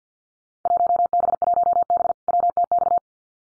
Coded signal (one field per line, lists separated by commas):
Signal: Morse code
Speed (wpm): 50 wpm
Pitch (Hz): 700 Hz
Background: none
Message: 1B1B WTX